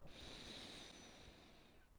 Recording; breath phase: one breath near a microphone; inhalation